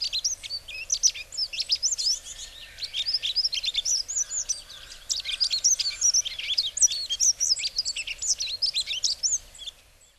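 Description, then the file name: Yellow-throated bunting gives a steady stream of sharp, high chirping notes, busy and overlapping throughout, fading only in the final moment. Recorded at Kaji, Hyogo, on September 4. "miyamahoojiro 0904 hyogo kaji"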